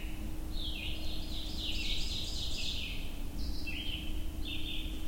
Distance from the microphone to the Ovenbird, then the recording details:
about 50 m. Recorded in boreal forest in Alberta, Canada, on 22 June 2016 at 06:51. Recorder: SongMeter 3, array SBT-6-76. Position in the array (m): 25 m, 125 m. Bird 2